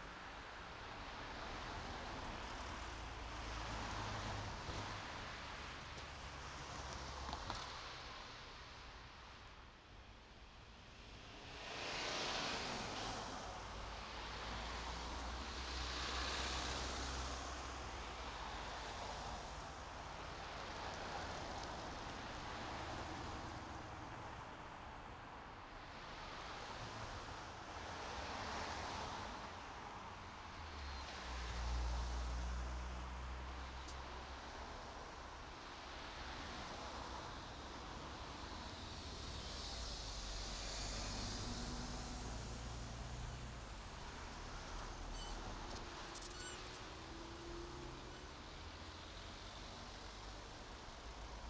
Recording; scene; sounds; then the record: everyday scene through a hearing-aid microphone; in traffic; traffic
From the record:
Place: main road on the outskirts, rush hour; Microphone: in the ear canal, right